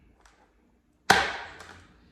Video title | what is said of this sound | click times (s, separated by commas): #WARNING #PREPARE + Who Will Feed Your Family If You Don’t + Storing Food For My Family Of 4 | hold this into place, and I just used my knees, you guys, and snapped it | 1.1 s